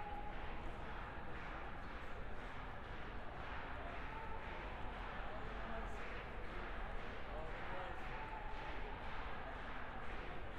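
A dense, steady wash of crowd noise fills an airport protest gathering, with many voices blurred together and no single speaker standing out. A constant low rumble sits underneath, and faint brief tones surface now and then near the middle.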